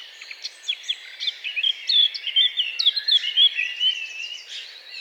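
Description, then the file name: Eurasian blackcap song, a hurried scratchy warble that swells into loud, pure fluting phrases near the middle before fading into softer twitters. "Sylvia atricapilla"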